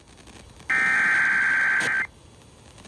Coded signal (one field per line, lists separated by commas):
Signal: Emergency Alert System (SAME) tones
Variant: header bursts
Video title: EAS Alerts from March 30th-31st, 2025: An EAS Compilation - Enhanced Risks